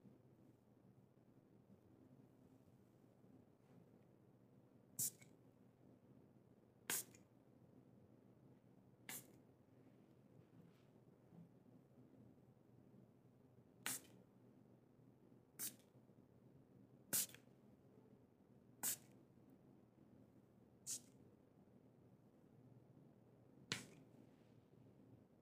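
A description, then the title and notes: A haircut in detail: crisp, sharp snips of scissors land about every two seconds, nine in all, spaced unevenly with a gap near the middle. Between cuts there is only a soft, steady low murmur of room noise. Relaxing Haircut ASMR Role Play.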